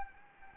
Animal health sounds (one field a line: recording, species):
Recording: mosquito wingbeat signal from an infrared sensor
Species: Anopheles gambiae